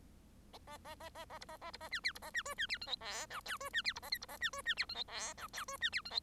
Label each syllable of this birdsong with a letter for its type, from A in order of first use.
A A A A A B A A B A C D B A C E C D F G H I J E C D B A K B A C E C D F G H I J E C D F G